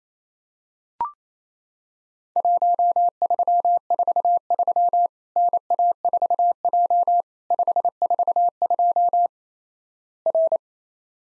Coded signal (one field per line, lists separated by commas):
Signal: Morse code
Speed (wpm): 28 wpm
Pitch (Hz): 700 Hz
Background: none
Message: 1343 NA4J 542 R